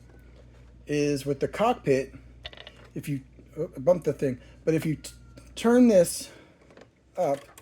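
Someone talks while handling the plastic cockpit section of a Star Wars The Clone Wars "The Rise of Boba Fett" Ultimate Battle Pack Slave 1 toy spaceship, turning it up toward its locked position in the ship's body. A couple of faint taps are heard at about 6.7 and 6.8 seconds. Nothing has seated or clicked yet.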